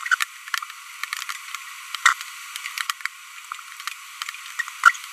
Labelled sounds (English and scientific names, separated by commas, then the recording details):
Green-rumped Parrotlet (Forpus passerinus) babbling
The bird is a female
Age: 25 days
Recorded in a nest box in Venezuela
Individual 17B42B1